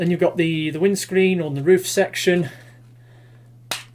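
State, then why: Released. Someone talks while handling a transforming toy robot car, then the plastic windscreen/roof section is pulled out of its sockets and comes free with a single loud, sharp snap at 3.7 s. The section unplugs and swings up on a double hinge, with a steady low hum underneath.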